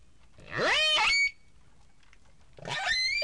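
Whale calls: a rising, strongly harmonic call, then a second, similar harmonic call after a short pause, over low background noise.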